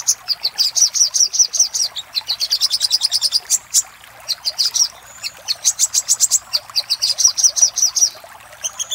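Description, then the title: Little spiderhunter singing runs of quick, shrill chip notes, with pauses between runs. Master recording used for training cage birds. "Masteran Burung Sogok Ontong Labaik"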